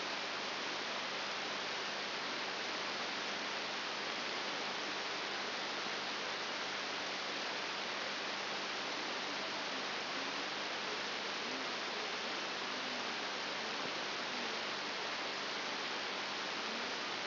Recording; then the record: brain microelectrode recording played as sound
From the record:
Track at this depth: inside the subthalamic nucleus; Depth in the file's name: 5.9 mm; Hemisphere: right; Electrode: 3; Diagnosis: Parkinson's disease